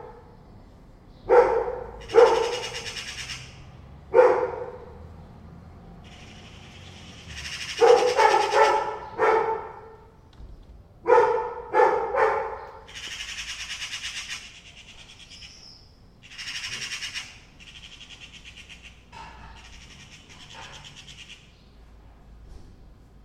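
Two cats and two magpies call back and forth while a dog reacts. Short bursts of bright, harsh chattering and yowling come in irregular clusters every second or two, the busiest stretch around eight to thirteen seconds, then thinning to scattered raspy calls over a low rumble.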